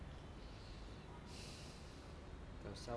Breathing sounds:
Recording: one breath in and out by a microphone near the nose and mouth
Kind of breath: normal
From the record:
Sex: male

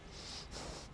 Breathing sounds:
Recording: one breath in and out by a microphone near the nose and mouth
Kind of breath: strong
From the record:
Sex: male

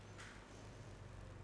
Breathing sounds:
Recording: one breath in and out by a microphone near the nose and mouth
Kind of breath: normal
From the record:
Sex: female

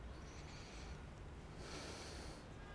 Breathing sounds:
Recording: one breath in and out by a microphone near the nose and mouth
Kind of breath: deep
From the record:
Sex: male

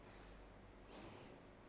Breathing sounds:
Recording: one breath in and out by a microphone near the nose and mouth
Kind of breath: normal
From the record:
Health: marked as sick, illness not named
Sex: female

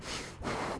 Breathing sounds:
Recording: one breath in and out by a microphone near the nose and mouth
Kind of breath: strong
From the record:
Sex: male

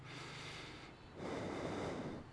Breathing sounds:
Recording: one breath in and out by a microphone near the nose and mouth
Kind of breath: normal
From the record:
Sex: male

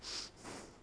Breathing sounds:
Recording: one breath in and out by a microphone near the nose and mouth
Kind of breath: strong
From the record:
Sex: male

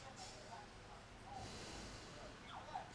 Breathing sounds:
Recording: one breath in and out by a microphone near the nose and mouth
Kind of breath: deep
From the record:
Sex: male

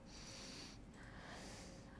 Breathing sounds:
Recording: one breath in and out by a microphone near the nose and mouth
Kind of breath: deep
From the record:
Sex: male

